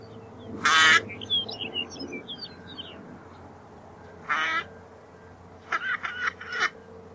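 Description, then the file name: Northern pintail hoarse calls, several harsh bursts, with soft high chirps after the first, over low background hum. "Ryan P O Donnell - SHilohvost Anas acuta"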